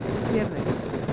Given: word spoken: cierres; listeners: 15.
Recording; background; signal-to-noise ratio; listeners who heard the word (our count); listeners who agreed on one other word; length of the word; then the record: one Spanish word in noise, from a listening test; noise modulated by three-talker babble; -3.2 dB; 4 of 15; 6 of 15; 0.73 s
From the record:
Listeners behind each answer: 6, 4, 1, 1, 1, 1, 1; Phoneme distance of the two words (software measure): 27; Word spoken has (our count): 2 syllables, 6 phonemes, stress on syllable 1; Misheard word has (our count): 2 syllables, 7 phonemes, stress on syllable 1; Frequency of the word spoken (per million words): 2.17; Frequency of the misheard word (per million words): 83.83